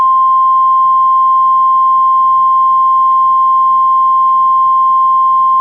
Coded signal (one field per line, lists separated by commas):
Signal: Emergency Alert System (SAME) tones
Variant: 1050 Hz attention tone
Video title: Eas scenario: Dual pandemics